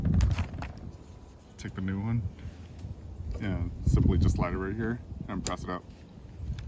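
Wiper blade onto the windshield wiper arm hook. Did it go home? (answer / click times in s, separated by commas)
yes / 6.6 s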